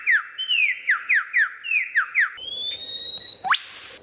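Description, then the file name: Lyrebird song: a quick run of falling whistled notes, then a long steady high whistle and a steep upward sweep. Song variations. "suara lyrebird variasi"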